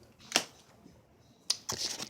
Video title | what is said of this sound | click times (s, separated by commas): Bissell Pet Hair Eraser | Handle clicks back into place like that. | 1.5 s